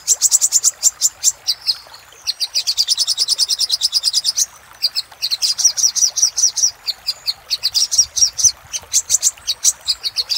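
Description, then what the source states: Little spiderhunter song with dense, rapid high chipping in long runs separated by short gaps. Master recording for training cage birds.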